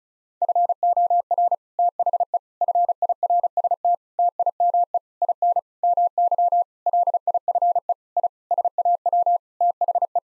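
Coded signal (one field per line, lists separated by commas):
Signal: Morse code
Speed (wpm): 34 wpm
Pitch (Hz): 700 Hz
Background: none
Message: FOR THE FIRST TIME IN MY LIFE I SAW THE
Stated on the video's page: Morse practice sentences built from common eight-word phrases at 35 wpm, each sent, then spoken, then sent again for head-copy.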